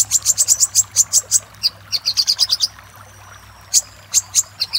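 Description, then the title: Little spiderhunter singing rapid high-pitched chip notes in a long run, a brief pause with a faint thin whistle, then a few spaced chips. Master recording for training cage birds; 'Labaik' given as part of the song name. "Masteran Burung Sogok Ontong Labaik"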